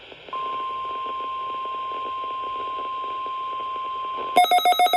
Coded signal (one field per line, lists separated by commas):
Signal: Emergency Alert System (SAME) tones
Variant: 1050 Hz attention tone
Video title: 5/12/21 - WXJ94 Required Weekly Test (EAS #64)